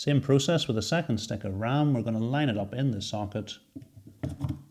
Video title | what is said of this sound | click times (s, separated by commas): SilverStone SUGO 15 Step-by-Step PC Build Guide | again once we're happy things are in the right place some firm pressure and the ram locks into place | 4.2 s